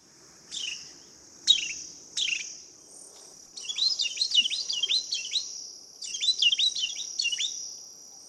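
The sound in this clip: Carolina wren: a few sharp separate notes, then two runs of fast repeated slurred phrases, with a steady high-pitched insect buzz throughout.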